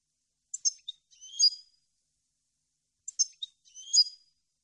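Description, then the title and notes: European goldfinch twittering notes: a short cluster of sharp high chips followed by a buzzy, slurred phrase, given twice about two and a half seconds apart, nothing else heard. Clean goldfinch song, meant for birds to copy in song training. "canto de jilguero limpio para copia"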